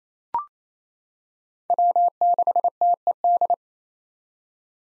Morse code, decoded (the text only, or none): W6TED